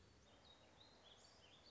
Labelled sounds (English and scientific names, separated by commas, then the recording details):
Warbling Vireo (Vireo gilvus)
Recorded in Sonoma County, California